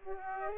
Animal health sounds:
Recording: mosquito wingbeat signal from an infrared sensor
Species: Aedes aegypti

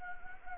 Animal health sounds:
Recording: mosquito wingbeat signal from an infrared sensor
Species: Anopheles gambiae

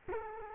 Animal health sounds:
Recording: mosquito wingbeat signal from an infrared sensor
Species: Culex quinquefasciatus

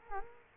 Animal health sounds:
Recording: mosquito wingbeat signal from an infrared sensor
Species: Culex quinquefasciatus

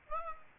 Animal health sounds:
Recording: mosquito wingbeat signal from an infrared sensor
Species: Aedes aegypti

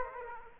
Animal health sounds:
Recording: mosquito wingbeat signal from an infrared sensor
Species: Aedes aegypti

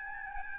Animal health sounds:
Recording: mosquito wingbeat signal from an infrared sensor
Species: Aedes albopictus

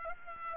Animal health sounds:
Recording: mosquito wingbeat signal from an infrared sensor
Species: Aedes aegypti

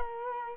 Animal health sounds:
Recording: mosquito wingbeat signal from an infrared sensor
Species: Culex quinquefasciatus

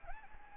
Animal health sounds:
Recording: mosquito wingbeat signal from an infrared sensor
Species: Anopheles gambiae

